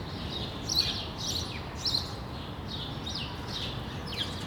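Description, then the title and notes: Sparrows chirping in repeated short downslurred notes above a low continuous hum. Several sparrows on Rue de l'épargne, Brussels, Belgium, recorded on World Sparrow Day using Lom mikroUši microphones into a Deity PR-2 recorder. "Rue de l'épargne, Bruxelles, Bruxelles-Capitale, Belgique - World Sparrow Day. Sparrows - moineaux"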